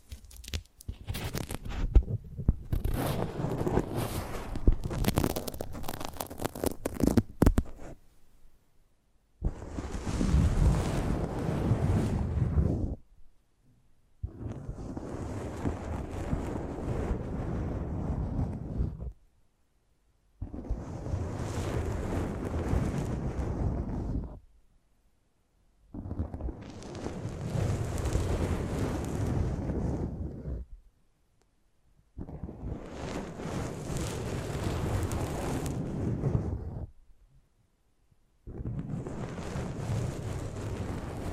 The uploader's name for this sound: ASMR Close Up Mic Treatment